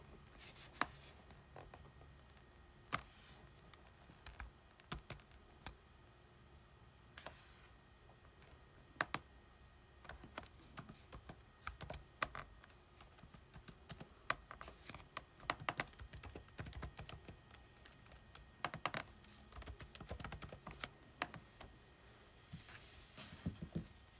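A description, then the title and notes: Irregular keyboard typing clicks, with a few soft paper rustles from pages turning near the start and end. Flipping Pages and Typing on Keyboard.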